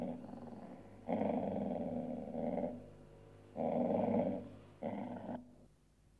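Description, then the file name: Dog growling: a quieter growl, then three louder rough, low growls lasting from about half a second to one and a half seconds, separated by short pauses. "cani dog"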